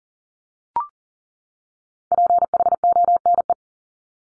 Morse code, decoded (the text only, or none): PHONE